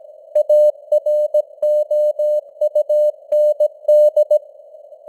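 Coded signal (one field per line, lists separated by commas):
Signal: Morse code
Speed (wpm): 17 wpm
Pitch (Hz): 600 Hz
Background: none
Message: AROUND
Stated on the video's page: Morse news headlines at 17 wpm with simulated radio noise and fading signal strength (QSB).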